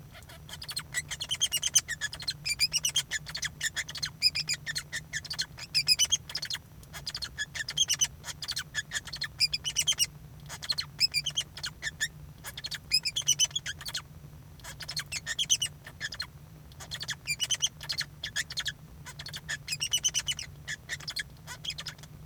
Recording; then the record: song of a male Bengalese finch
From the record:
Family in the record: son of father 2